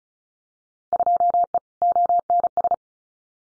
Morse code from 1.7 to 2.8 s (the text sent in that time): ONS